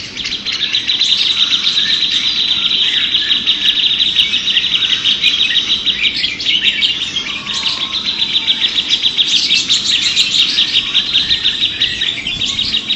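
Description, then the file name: Grey-cheeked Bulbul: steady, dense songbird chatter from several birds, rapid high notes running together without a break. Three birds in a simulated songbird contest. "audio simulasi lomba cucak jenggot trio omkicau"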